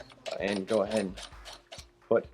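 Someone talks while handling the magazine tube cap of a Hatfield USA12W/20W/28W semi-automatic shotgun, about to push it all the way in and hand-tighten it onto the magazine tube over the forend. Only faint handling noise is heard beneath the voice. The cap has not yet ratcheted or clicked in, and nothing has seated.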